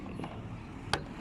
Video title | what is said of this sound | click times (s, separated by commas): xsara Picasso problème Vanne EGR/ODB/changement ampoule arrière.... Résolution | Voilà, on a entendu le clac. | 0.9 s